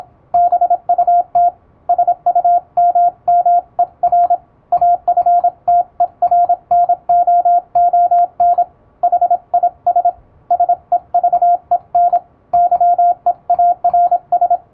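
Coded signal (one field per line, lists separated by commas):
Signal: Morse code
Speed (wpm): 26 wpm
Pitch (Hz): 700 Hz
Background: radio noise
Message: BUT SUMMER AFTERNOON HIS SEVEN YEARS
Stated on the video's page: Morse sent with an electronic keyer at high speed, practice text from an English-language telegram practice book, sent by a first-class radiotelegraph operator.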